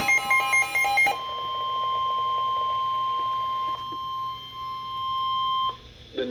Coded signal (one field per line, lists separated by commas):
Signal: Emergency Alert System (SAME) tones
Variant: 1050 Hz attention tone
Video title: A heck ton of events lately (eas alerts from July 3-11) part 2